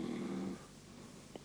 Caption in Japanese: 男の人、いびき取ります。 夜も静まってまいりました6畳で一人大の字で寝ていらっしゃいます。